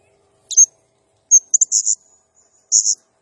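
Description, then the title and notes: Blue-crowned hanging parrot calls: piercing high squeaks and a rapid run of strident chips, then a final buzzy double note. Serindit in full, energetic song (gacor, 'nembak' style), used as a masteran training sound and lure for other birds. "Burung Serindit Nembak Gacor Bikin Emosi Semua Burung. Suara Nasteran Dan Pemikat Burung Serinditan Gacor"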